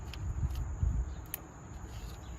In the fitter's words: you should hear that click as it uh plugs in